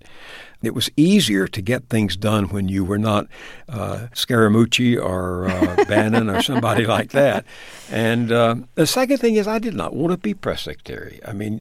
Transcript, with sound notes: It was easier to get things done when you were not Scaramucci or...
(Laughter).
...Bannon or somebody like that. And the second thing is, I did not want to be press secretary.